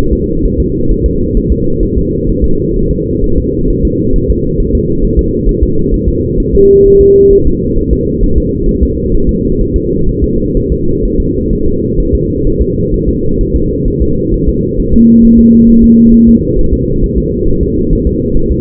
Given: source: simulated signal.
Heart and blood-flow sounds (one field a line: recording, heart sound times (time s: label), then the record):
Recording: fetal heart sounds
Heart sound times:
0.13 s: S2
0.45 s: S1
0.60 s: S2
0.91 s: S1
1.06 s: S2
1.37 s: S1
1.52 s: S2
1.83 s: S1
1.97 s: S2
2.29 s: S1
2.44 s: S2
2.77 s: S1
2.91 s: S2
3.24 s: S1
3.38 s: S2
3.70 s: S1
3.85 s: S2
4.16 s: S1
4.30 s: S2
4.60 s: S1
4.75 s: S2
5.04 s: S1
5.19 s: S2
5.49 s: S1
5.63 s: S2
5.94 s: S1
6.09 s: S2
6.40 s: S1
6.55 s: S2
6.86 s: S1
7.01 s: S2
7.33 s: S1
7.47 s: S2
7.78 s: S1
7.93 s: S2
8.24 s: S1
8.38 s: S2
8.69 s: S1
8.83 s: S2
9.15 s: S1
9.29 s: S2
9.61 s: S1
9.76 s: S2
10.09 s: S1
10.24 s: S2
10.57 s: S1
10.72 s: S2
11.05 s: S1
11.20 s: S2
11.53 s: S1
11.67 s: S2
12.00 s: S1
12.15 s: S2
12.47 s: S1
12.62 s: S2
12.94 s: S1
13.09 s: S2
13.41 s: S1
13.55 s: S2
13.88 s: S1
14.02 s: S2
14.34 s: S1
14.49 s: S2
14.80 s: S1
14.94 s: S2
15.25 s: S1
15.39 s: S2
15.70 s: S1
15.84 s: S2
16.14 s: S1
16.29 s: S2
16.59 s: S1
16.73 s: S2
17.04 s: S1
17.18 s: S2
17.48 s: S1
17.63 s: S2
17.93 s: S1
18.07 s: S2
18.37 s: S1
18.51 s: S2
From the record:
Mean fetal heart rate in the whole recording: 130 bpm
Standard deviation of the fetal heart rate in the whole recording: 4 bpm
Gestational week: 38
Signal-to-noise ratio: -16.4 dB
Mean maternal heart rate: 72 bpm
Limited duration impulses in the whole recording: present